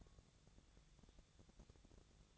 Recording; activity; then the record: daily activity, microphone in the room; take from stove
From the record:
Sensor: 3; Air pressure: 999.4 hPa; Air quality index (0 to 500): 196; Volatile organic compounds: 42 ppm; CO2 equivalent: 3185 ppm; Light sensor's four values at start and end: 7/18/7/7 and 7/18/7/7